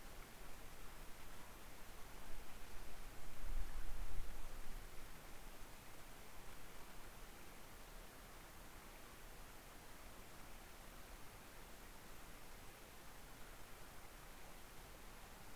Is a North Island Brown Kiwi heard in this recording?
no